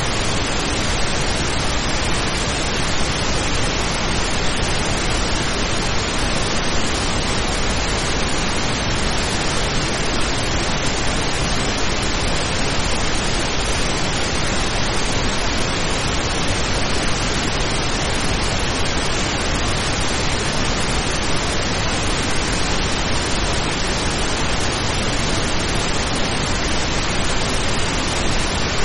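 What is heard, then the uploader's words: Pink noise plays steadily for the whole clip, a dense, even hiss weighted toward the lows so it sounds fuller and softer than a bright hiss. Level stays constant throughout, with no events, changes or background sounds. Pink Noise.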